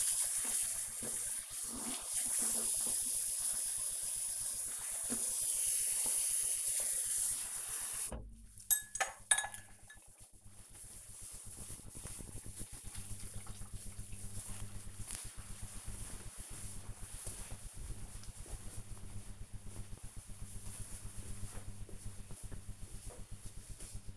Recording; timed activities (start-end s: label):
household activities, microphone on the right wrist
0.00-8.26 s: brushing teeth